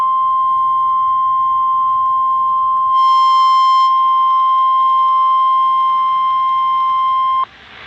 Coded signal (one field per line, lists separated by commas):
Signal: Emergency Alert System (SAME) tones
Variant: 1050 Hz attention tone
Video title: EAS Alerts (EAS 105-111) 4/15/23